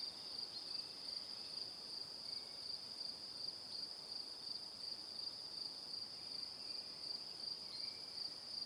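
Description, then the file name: Crickets chirping in a steady high-pitched chorus, pulsing about three times per second, with faint soft hiss underneath. Crickets chirping in the evening. "Calm - Evening Crickets"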